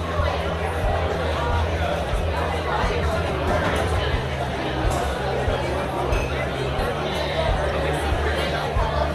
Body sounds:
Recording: background sound without coughing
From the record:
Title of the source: CITY SOUNDS Busy Bar in the Evening Night - 2 HOURS of Ambiance for Relaxation

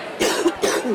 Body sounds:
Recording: coughing mixed with background sound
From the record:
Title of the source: 60 coughing still (deep and wet cough)

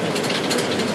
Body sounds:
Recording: background sound without coughing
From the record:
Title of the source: Office Sounds Ambience - Background Noise for Study and Work

